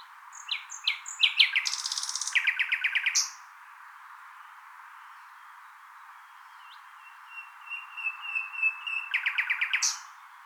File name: Luscinia megarhynchos